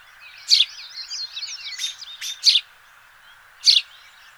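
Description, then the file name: House sparrow giving loud, harsh chirps, three main notes spaced irregularly over four seconds, with softer twittering in between. "Passer domesticus"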